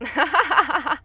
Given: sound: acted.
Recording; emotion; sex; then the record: nonverbal affect burst; happiness; female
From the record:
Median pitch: 299 Hz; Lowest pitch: 197 Hz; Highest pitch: 523 Hz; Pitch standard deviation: 61 Hz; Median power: 66.8 dB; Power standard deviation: 9.6 dB